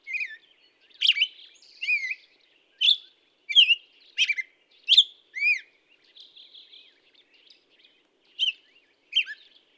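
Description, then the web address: Black-headed Grosbeak song, a run of rich warbled phrases delivered quickly, with a brief trill midway and a pause before final notes. "birdsongforthecurious Black-headed Grosbeak"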